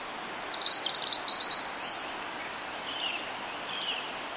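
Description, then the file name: European robin song, a rapid series of high, thin trilled and twittering notes lasting about a second and a half, then faint bird sounds over background hiss. "Erithacus rubecula"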